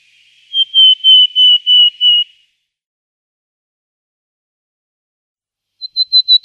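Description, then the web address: Willow tit calls: a series of about six drawn-out notes, then after a long silence a few shorter, higher notes in quick succession. "Schulze Peter Willow Tit calls"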